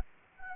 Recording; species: mosquito wingbeat signal from an infrared sensor; Anopheles gambiae